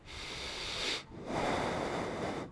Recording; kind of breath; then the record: one breath in and out by a microphone near the nose and mouth; deep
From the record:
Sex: male